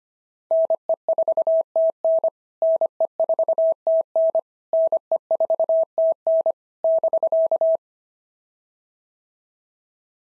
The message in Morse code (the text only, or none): NE4TN NE4TN NE4TN <BK>